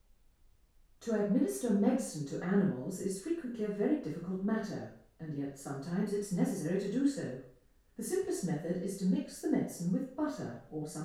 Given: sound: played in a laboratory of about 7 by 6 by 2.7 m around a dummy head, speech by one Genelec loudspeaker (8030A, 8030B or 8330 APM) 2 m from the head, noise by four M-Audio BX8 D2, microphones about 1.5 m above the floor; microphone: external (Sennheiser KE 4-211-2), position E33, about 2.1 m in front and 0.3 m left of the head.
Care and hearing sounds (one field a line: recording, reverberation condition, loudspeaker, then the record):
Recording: female speech in English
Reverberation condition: medium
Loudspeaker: 60 degrees to the right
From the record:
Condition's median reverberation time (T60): about 510 ms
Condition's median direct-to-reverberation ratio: about -0.5 dB